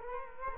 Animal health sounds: mosquito wingbeat signal from an infrared sensor; Culex quinquefasciatus

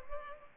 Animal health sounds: mosquito wingbeat signal from an infrared sensor; Culex pipiens

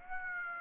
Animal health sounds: mosquito wingbeat signal from an infrared sensor; Aedes aegypti

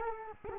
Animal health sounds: mosquito wingbeat signal from an infrared sensor; Culex quinquefasciatus

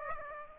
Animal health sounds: mosquito wingbeat signal from an infrared sensor; Aedes aegypti

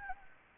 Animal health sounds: mosquito wingbeat signal from an infrared sensor; Anopheles gambiae

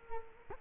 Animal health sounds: mosquito wingbeat signal from an infrared sensor; Culex quinquefasciatus

